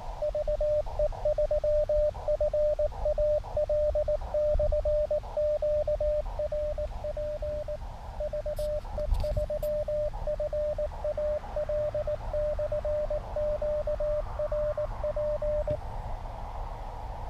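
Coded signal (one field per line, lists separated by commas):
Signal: Morse code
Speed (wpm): 19 wpm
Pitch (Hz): 600 Hz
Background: radio noise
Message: VE3FAL/QRP VE3FAL/QRP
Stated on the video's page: Portable Elecraft KX2 with a Packtenna antenna, bands poor after a major solar storm.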